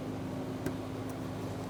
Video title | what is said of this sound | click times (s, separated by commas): How to Replace Fuel Pump Strainer 2002-2006 Toyota Camry | Make sure you hear that click as you click it into place. | 0.7 s